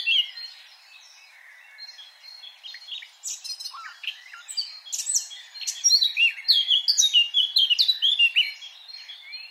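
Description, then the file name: Eurasian blackcap song: a quiet scratchy chatter that builds into a loud, rich run of whistled notes. "Sylvia atricapilla"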